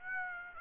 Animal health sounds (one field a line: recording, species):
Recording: mosquito wingbeat signal from an infrared sensor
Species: Aedes aegypti